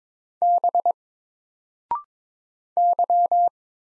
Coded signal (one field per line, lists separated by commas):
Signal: Morse code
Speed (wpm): 22 wpm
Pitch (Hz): 700 Hz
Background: none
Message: B Y